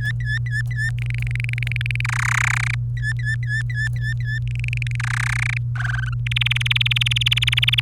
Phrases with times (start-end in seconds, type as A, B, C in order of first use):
0.00-0.90 A, 0.98-2.01 B, 2.05-2.75 C, 2.97-4.39 A, 4.48-4.96 B, 5.00-5.58 C, 5.76-6.14 D, 6.26-7.80 E